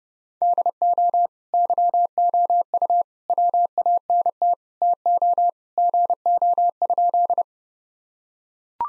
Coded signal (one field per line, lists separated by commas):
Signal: Morse code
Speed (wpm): 30 wpm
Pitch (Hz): 700 Hz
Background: none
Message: DO YOU WANT TO GO?